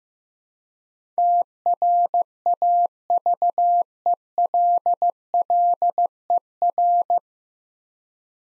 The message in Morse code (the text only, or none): TRAVELLER